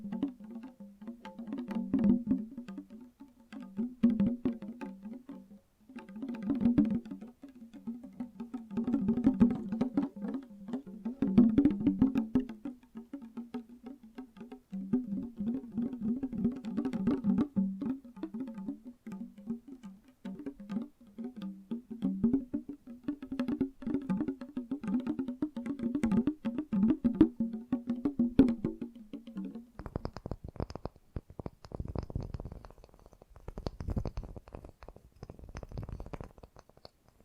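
Fast, gentle tapping runs in quick, dense bursts with short pauses between them, carrying a low, hollow tone. Around the thirty-second mark the sound changes to a brighter, scratchier tapping with a faint high whine over it, continuing to the end.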